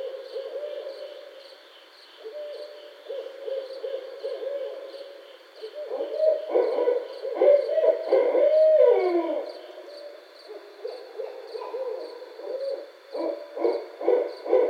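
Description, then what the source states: Barred owl calls: loud, rough hooting and cackling bursts at low pitch, rising and falling irregularly, with one long descending wail midway, over a steady high insect-like drone. Recorded 9 May 2012.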